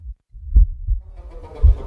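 Low, dull thumps come in lub-dub pairs with a long pause between beats, a slow steady rhythm, with faint background hiss. These are normal heart sounds of a healthy adult, slow as in a physically trained person.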